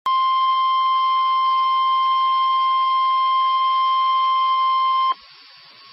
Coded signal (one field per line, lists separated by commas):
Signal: Emergency Alert System (SAME) tones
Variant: 1050 Hz attention tone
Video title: EAS Alert #72- Tornado Warning 10/7/11